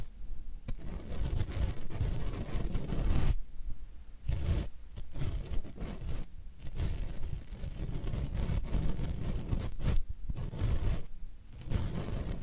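Floral foam being handled, with rough scraping and crumbling textures that come in bursts and pauses. Louder bright crunching stretches around 3–4 seconds, 6 seconds and near 10–11 seconds stand out over a steady low rumble underneath.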